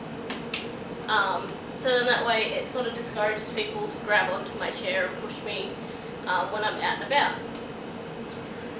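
The folding push handles on a rigid-frame wheelchair are popped back up into their upright position in the backrest frame, giving two small, sharp clicks at 0.3 s and 0.5 s. After that, someone talks over a steady low background hum. The handles are seated upright.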